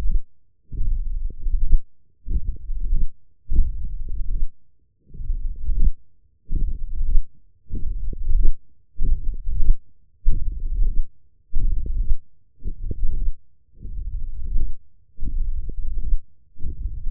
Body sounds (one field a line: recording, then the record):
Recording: forearm muscle sounds (acoustic myography)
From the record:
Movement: hand closing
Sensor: system 1, eight BSWA MPA416 microphones around the upper forearm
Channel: 5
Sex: male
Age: 21 years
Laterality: right